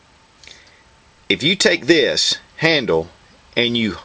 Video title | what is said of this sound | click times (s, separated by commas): Glock 81 Survival Knife Review | It's a very solid click, as you can see. | 0.5 s